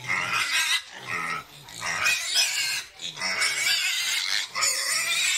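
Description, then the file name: Pig squealing in shrill bursts while low, short grunts pulse underneath. "Tieng heo keu"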